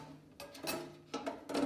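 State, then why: Not seated. A sunlamp unit is raised and slid onto its metal floor stand on each side, making light scraping and handling knocks at about 0.4 s, 1.1 s and 1.5 s. The clip ends before the unit goes home, so nothing has seated or clicked yet.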